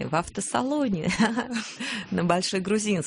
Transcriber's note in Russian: смеется